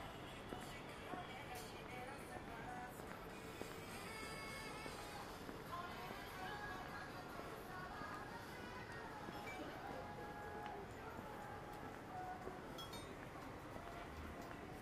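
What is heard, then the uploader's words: A daytime street scene in Akihabara, with a dense, steady crowd murmur of many voices throughout. Brief tonal snatches, like music or announcements, surface now and then, and scattered clicks and knocks dot the constant background hum of traffic and activity. Akihabara,daytime.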